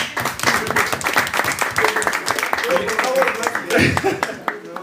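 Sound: audience applause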